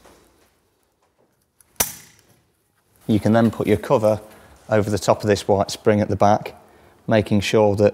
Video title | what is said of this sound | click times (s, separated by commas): ECF Innostor Plus Soft Close Larder | should hear a click as it goes into place | 1.8 s